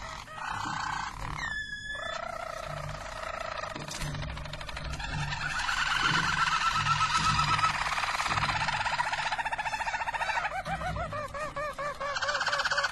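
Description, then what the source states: Harz Roller canary song in long sustained rolling tours, steady and siren-like, moving through several pitches with a few looping bubbly phrases toward the end. Belgian Harz Roller canary.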